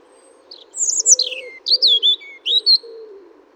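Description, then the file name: European robin song: a run of high whistled notes, some descending steeply, in three quick clusters with short pauses. "Erithacus rubecula"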